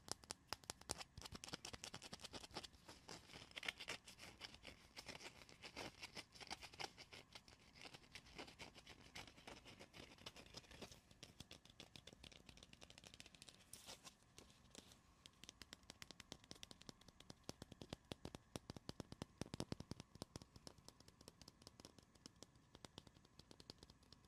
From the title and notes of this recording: ASMR progressive soft to hard triggers // tapping and scratching // fast and aggressive.